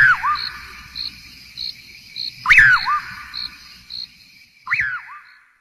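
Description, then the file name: White-tailed nightjar singing a sharp slurred whistle that drops then flicks upward, given three times, over a steady pulsing insect trill and low rumble. "Canto do bacurau de rabo branco"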